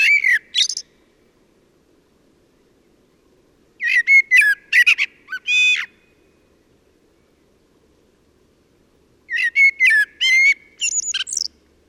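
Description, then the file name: Common blackbird singing three phrases several seconds apart, whistled notes mixed with high, scratchy twitters. "Turdus merula"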